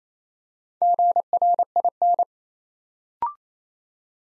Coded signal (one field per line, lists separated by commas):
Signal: Morse code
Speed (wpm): 27 wpm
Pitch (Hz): 700 Hz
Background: none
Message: GRIN